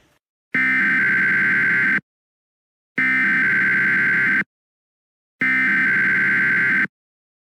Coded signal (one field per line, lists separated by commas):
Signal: Emergency Alert System (SAME) tones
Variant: header bursts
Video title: EAS 4099-4106: Required Weekly Tests From 12/07/22